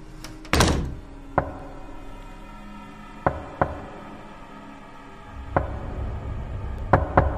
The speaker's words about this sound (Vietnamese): Có tiếng gõ cửa vang lên trong đêm lạnh toát.